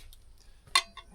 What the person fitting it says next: Did you hear that click?